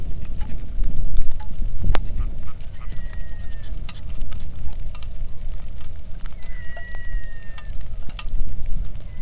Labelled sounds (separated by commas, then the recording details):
waterfowl, wind, rain
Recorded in the Arctic National Wildlife Refuge, Alaska, on 3 August 2019 at 09:30
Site 46